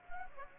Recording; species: mosquito wingbeat signal from an infrared sensor; Anopheles gambiae